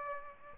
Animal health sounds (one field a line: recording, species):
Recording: mosquito wingbeat signal from an infrared sensor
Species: Aedes aegypti